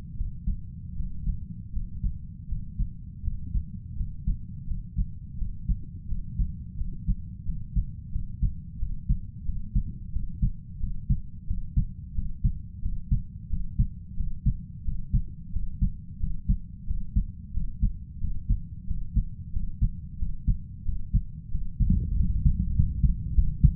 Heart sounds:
heart sounds by stethoscope; 88 bpm
0.16 s: heartbeat
0.95 s: heartbeat
1.72 s: heartbeat
2.47 s: heartbeat
3.22 s: heartbeat
3.95 s: heartbeat
4.66 s: heartbeat
5.37 s: heartbeat
6.07 s: heartbeat
6.76 s: heartbeat
7.44 s: heartbeat
8.11 s: heartbeat
8.78 s: heartbeat
9.44 s: heartbeat
10.11 s: heartbeat
10.79 s: heartbeat
11.46 s: heartbeat
12.14 s: heartbeat
12.81 s: heartbeat
13.49 s: heartbeat
14.16 s: heartbeat
14.84 s: heartbeat
15.52 s: heartbeat
16.19 s: heartbeat
16.86 s: heartbeat
17.53 s: heartbeat
18.20 s: heartbeat
18.86 s: heartbeat
19.52 s: heartbeat
20.18 s: heartbeat
20.84 s: heartbeat
21.50 s: heartbeat
22.16 s: heartbeat
22.73 s: heartbeat
23.34 s: heartbeat
From the record:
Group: healthy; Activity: Valsalva maneuver 0-21 s, rest 21-24 s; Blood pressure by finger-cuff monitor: 96/59 mmHg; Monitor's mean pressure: 75 mmHg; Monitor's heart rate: 89 bpm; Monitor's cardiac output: 5.4 L/min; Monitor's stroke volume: 62 mL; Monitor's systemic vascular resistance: 910 dyn s/cm5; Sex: male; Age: 20 years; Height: 167 cm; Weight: 61 kg

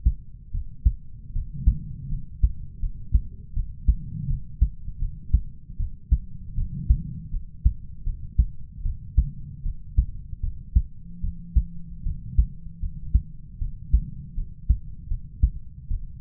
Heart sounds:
heart sounds by stethoscope; 78 bpm
0.51 s: heartbeat
1.32 s: heartbeat
2.08 s: heartbeat
2.79 s: heartbeat
3.53 s: heartbeat
4.26 s: heartbeat
4.98 s: heartbeat
5.76 s: heartbeat
6.54 s: heartbeat
7.30 s: heartbeat
8.03 s: heartbeat
8.82 s: heartbeat
9.62 s: heartbeat
10.40 s: heartbeat
11.20 s: heartbeat
12.03 s: heartbeat
12.79 s: heartbeat
13.58 s: heartbeat
14.34 s: heartbeat
15.07 s: heartbeat
15.87 s: heartbeat
From the record:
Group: healthy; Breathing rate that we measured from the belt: 12 breaths a minute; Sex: male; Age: 20 years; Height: 187 cm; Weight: 68.9 kg

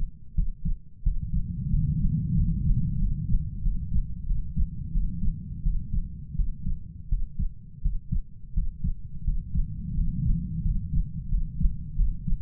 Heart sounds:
heart sounds by stethoscope; 88 bpm
0.35 s: heartbeat
1.03 s: heartbeat
1.70 s: heartbeat
2.35 s: heartbeat
2.99 s: heartbeat
3.62 s: heartbeat
4.26 s: heartbeat
4.92 s: heartbeat
5.62 s: heartbeat
6.35 s: heartbeat
7.08 s: heartbeat
7.81 s: heartbeat
8.53 s: heartbeat
9.24 s: heartbeat
9.94 s: heartbeat
10.62 s: heartbeat
11.29 s: heartbeat
11.96 s: heartbeat
From the record:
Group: healthy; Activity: rest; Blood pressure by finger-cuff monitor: 121/80 mmHg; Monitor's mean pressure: 92 mmHg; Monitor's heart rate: 88 bpm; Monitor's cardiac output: 7.2 L/min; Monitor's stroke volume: 83 mL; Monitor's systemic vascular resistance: 930 dyn s/cm5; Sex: male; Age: 33 years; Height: 179 cm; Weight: 80.4 kg

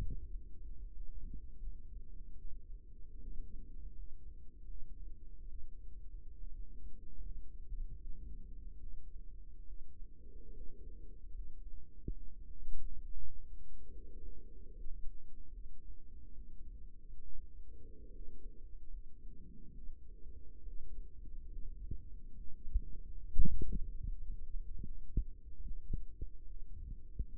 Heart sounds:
heart sounds by microphone in the right ear; 73 bpm
0.26 s: heartbeat
0.92 s: heartbeat
1.59 s: heartbeat
2.36 s: heartbeat
3.19 s: heartbeat
3.94 s: heartbeat
4.66 s: heartbeat
5.47 s: heartbeat
6.36 s: heartbeat
7.21 s: heartbeat
7.96 s: heartbeat
8.78 s: heartbeat
9.65 s: heartbeat
10.52 s: heartbeat
11.32 s: heartbeat
12.13 s: heartbeat
13.01 s: heartbeat
13.91 s: heartbeat
14.72 s: heartbeat
15.50 s: heartbeat
16.33 s: heartbeat
17.22 s: heartbeat
18.11 s: heartbeat
18.89 s: heartbeat
19.73 s: heartbeat
20.63 s: heartbeat
21.48 s: heartbeat
22.35 s: heartbeat
23.27 s: heartbeat
24.07 s: heartbeat
24.81 s: heartbeat
25.62 s: heartbeat
26.45 s: heartbeat
27.28 s: heartbeat
From the record:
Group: healthy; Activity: rest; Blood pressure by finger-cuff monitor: 111/57 mmHg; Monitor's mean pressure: 77 mmHg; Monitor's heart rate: 74 bpm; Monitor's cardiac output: 7.5 L/min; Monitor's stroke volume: 103 mL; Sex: female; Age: 22 years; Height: 160 cm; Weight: 63 kg

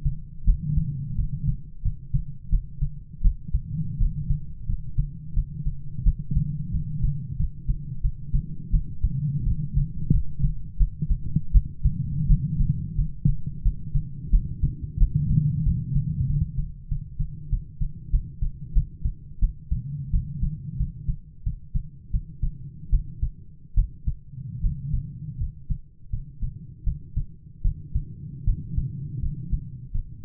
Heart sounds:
heart sounds by stethoscope; 86 bpm
0.45 s: heartbeat
1.16 s: heartbeat
1.82 s: heartbeat
2.50 s: heartbeat
3.22 s: heartbeat
3.98 s: heartbeat
4.66 s: heartbeat
5.34 s: heartbeat
6.03 s: heartbeat
6.71 s: heartbeat
7.37 s: heartbeat
8.01 s: heartbeat
8.71 s: heartbeat
9.44 s: heartbeat
10.11 s: heartbeat
10.78 s: heartbeat
11.52 s: heartbeat
12.27 s: heartbeat
12.96 s: heartbeat
13.63 s: heartbeat
14.30 s: heartbeat
14.98 s: heartbeat
15.63 s: heartbeat
16.26 s: heartbeat
16.88 s: heartbeat
17.49 s: heartbeat
18.10 s: heartbeat
18.73 s: heartbeat
19.40 s: heartbeat
20.11 s: heartbeat
20.77 s: heartbeat
21.43 s: heartbeat
22.11 s: heartbeat
22.90 s: heartbeat
23.75 s: heartbeat
24.61 s: heartbeat
25.38 s: heartbeat
26.10 s: heartbeat
26.84 s: heartbeat
27.62 s: heartbeat
28.44 s: heartbeat
29.20 s: heartbeat
29.91 s: heartbeat
From the record:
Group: healthy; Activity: rest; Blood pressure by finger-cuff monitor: 95/45 mmHg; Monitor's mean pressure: 56 mmHg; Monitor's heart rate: 88 bpm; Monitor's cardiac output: 10.8 L/min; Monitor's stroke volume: 126 mL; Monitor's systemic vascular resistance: 330 dyn s/cm5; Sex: male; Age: 22 years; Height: 185 cm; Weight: 112.4 kg

